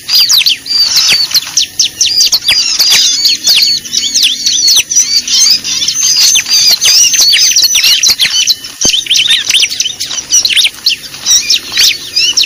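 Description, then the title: Lovebird chatter: dense, high, shrill chirps and squeaky notes running almost continuously, with brief pauses. Lure recording used to attract birds (pikat). "PIKAT BURUNG LOVEBIRD"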